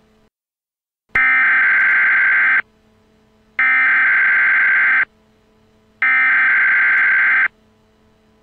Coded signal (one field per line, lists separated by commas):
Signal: Emergency Alert System (SAME) tones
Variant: header bursts